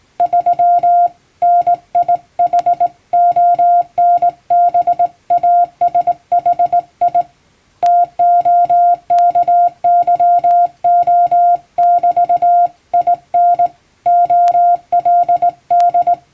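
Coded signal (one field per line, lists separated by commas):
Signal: Morse code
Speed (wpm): 19 wpm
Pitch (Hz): 700 Hz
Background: music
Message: 3 NIHONBASHI TOKYO<BT>IN OLD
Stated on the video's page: Hand-keyed plain-language Morse practice for amateur radio reception, sent by a first-class radiotelegraph operator using a telegram practice book.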